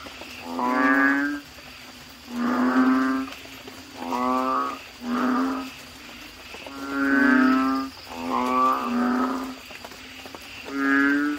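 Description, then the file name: Frog calls: nasal, harmonic bleating notes, each under a second, repeated in a loose series about every one to two seconds. "suara kodok bangkong"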